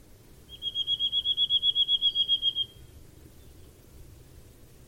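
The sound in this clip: Bird giving a single high, steady trill of quick, evenly spaced pulses that swells in loudness and ends after about two seconds, followed by quiet.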